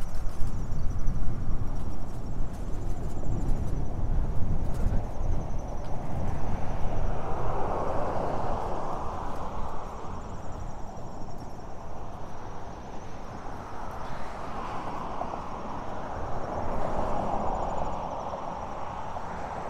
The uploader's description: A stereo recording of a bike ride from Orchard Beach